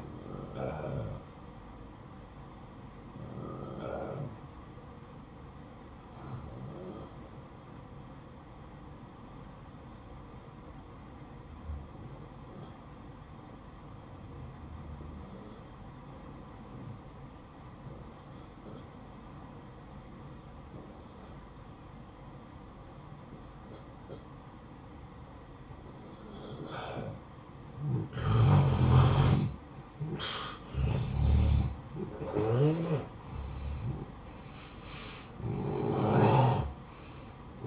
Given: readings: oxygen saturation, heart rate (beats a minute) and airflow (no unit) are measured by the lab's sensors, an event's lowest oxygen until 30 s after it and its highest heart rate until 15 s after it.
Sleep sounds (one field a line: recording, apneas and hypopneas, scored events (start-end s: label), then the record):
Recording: breathing in sleep by a smartphone at the bedside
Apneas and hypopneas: 1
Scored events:
5.00-28.20 s: obstructive apnea (N1, oxygen 93% highest, then 86% lowest, heart rate 54 at the start, 66 highest)
35.00-37.67 s: new sleep stage, N2 (light sleep)
From the record:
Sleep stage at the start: N1 (lightest sleep)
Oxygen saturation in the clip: 87 to 93%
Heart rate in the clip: 53 to 64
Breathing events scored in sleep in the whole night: 573 in 9.8 hours asleep